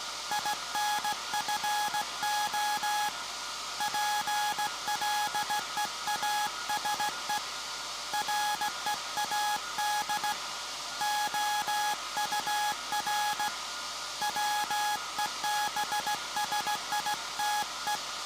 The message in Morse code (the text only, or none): INFO PLEASE READ OUR WEBSITE